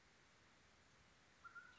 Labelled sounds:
Mountain Quail (Oreortyx pictus)
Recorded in Sonoma County, California

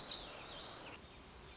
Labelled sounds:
Black-throated Gray Warbler (Setophaga nigrescens)
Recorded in Sonoma County, California

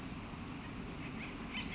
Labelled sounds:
Western Flycatcher (Empidonax difficilis)
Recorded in Sonoma County, California

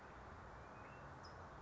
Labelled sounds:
California Towhee (Melozone crissalis)
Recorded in Sonoma County, California

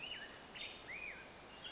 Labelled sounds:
Black-headed Grosbeak (Pheucticus melanocephalus)
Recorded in Sonoma County, California

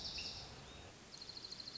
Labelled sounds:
Dark-eyed Junco (Junco hyemalis)
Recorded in Sonoma County, California

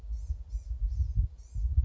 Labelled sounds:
Blue-gray Gnatcatcher (Polioptila caerulea)
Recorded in Sonoma County, California

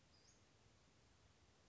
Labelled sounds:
Western Flycatcher (Empidonax difficilis)
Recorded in Sonoma County, California

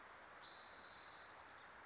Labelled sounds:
Spotted Towhee (Pipilo maculatus)
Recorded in Sonoma County, California

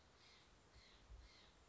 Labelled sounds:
Steller's Jay (Cyanocitta stelleri)
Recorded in Sonoma County, California

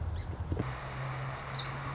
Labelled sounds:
Song Sparrow (Melospiza melodia)
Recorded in Sonoma County, California

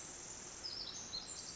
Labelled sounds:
Pacific Wren (Troglodytes pacificus)
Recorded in Sonoma County, California

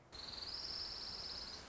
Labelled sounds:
Orange-crowned Warbler (Leiothlypis celata)
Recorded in Sonoma County, California

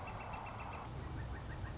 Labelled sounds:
Northern Flicker (Colaptes auratus)
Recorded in Sonoma County, California

